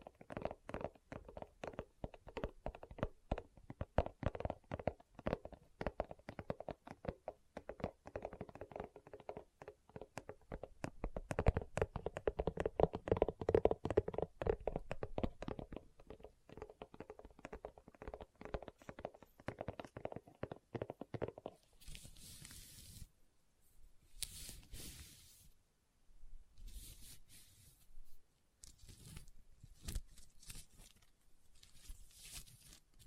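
Leather being tapped and scratched up close in a small, quiet room. For the first twenty seconds dense, rapid taps run together in a busy patter, peaking around thirteen seconds; afterward the sound turns into sparser, brighter scratches and rubs separated by brief silences.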